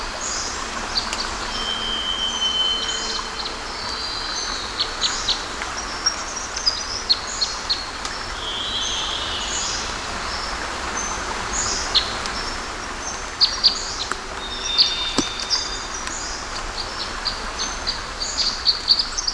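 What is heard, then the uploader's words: Gentle rain hisses steadily while many birds sing and chirp throughout, bright overlapping calls, with occasional drips or taps near the end. Gentle Rain and Birds Singing. Raindrops gently falling over these green surfaces.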